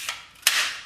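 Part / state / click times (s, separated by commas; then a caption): nail magazine slide into brad nailer body / seated / 0.5 s. After brad nails are loaded, the nail magazine of a Porter Cable brad nailer is slid back into the nailer body. A faint tick at 0.1 s is followed by a sharp, loud snap at 0.5 s as the magazine locks shut and seats, with a bright hiss trailing off afterward.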